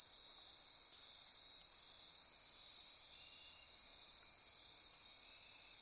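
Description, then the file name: Insects producing a steady high-pitched chorus, overlapping continuous trills with gentle pulsing, nothing else prominent. Insect chorus recorded at midnight near Corcovado. "Wind-is-the-Original-Radio-Fridays Andy-Martin Midnight-Insect-Chorus-Near-Corcovado"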